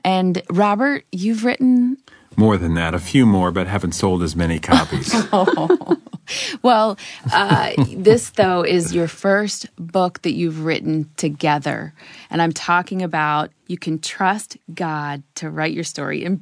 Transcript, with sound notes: And Robert, you’ve written...?
More than that—a few more—but they haven’t sold as many copies. (laughter)
This, though, is your first book that you’ve written together, and I’m talking about, You Can Trust God to Write Your Story.”